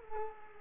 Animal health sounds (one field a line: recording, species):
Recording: mosquito wingbeat signal from an infrared sensor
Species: Culex quinquefasciatus